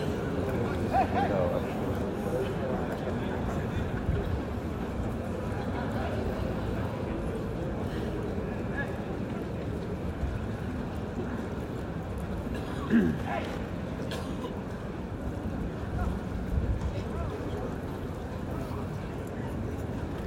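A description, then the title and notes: A bullfight crowd murmurs steadily in a dense, low wash of voices, with brief louder calls and clatters around thirteen seconds. Bullfight, Plaza de toros de la Real Maestranza de Caballería de Sevilla, Spain.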